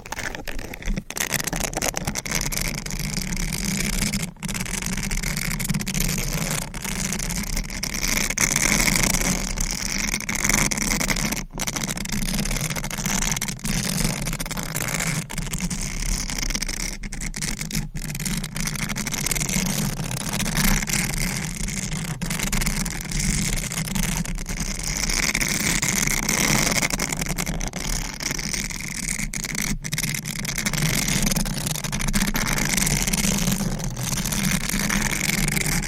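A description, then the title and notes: A sponge rubs and squishes against a microphone in a steady, dense scratching and brushing, with a low rumbling hum and occasional sharp crinkles. ASMR Sponge on Mic Scratching, Brushing, Squishing, Crinkle etc No Talking for Sleep.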